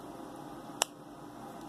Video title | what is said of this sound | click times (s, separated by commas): Product Review: Aspire Spryte | clicks in place. | 0.8 s